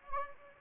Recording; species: mosquito wingbeat signal from an infrared sensor; Anopheles gambiae